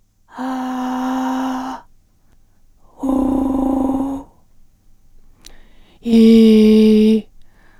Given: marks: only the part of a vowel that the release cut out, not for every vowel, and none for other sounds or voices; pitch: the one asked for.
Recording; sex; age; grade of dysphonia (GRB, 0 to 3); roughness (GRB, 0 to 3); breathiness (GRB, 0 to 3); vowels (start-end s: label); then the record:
sustained vowels; female; 50 to 59 years; 2; 1; 2
0.47-1.67 s: vowel /a/, high pitch
3.16-3.70 s: vowel /u/, high pitch
6.18-7.06 s: vowel /i/, low pitch
From the record:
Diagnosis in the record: recurrent laryngeal nerve paralysis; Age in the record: 55 years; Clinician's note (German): Re, in Intermediärstellung mit sehr wenig strob. Restbeweglichkeit, 2. Aufnahme nach Therapie